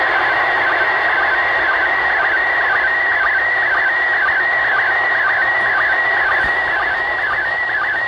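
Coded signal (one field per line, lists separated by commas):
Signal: SSTV (slow-scan television)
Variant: PD 120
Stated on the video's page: SSTV from the International Space Station, a commemorative event sending images.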